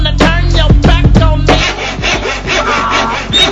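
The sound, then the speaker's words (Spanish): Rough back-and-forth sawing as a man cuts the legs off a donkey while modifying his cart, loud and steady, with about six rasping strokes in quick rhythm, then a denser grinding stretch of continuous cutting with gritty scraping textures. “Pues le estoy mochando aquí las patas al animal este”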